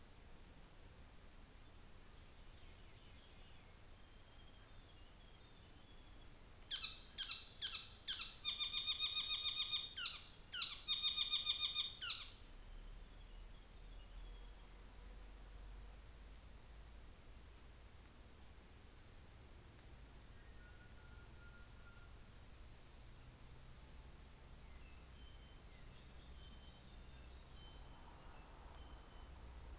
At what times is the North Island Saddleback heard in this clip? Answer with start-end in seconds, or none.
6.54-12.54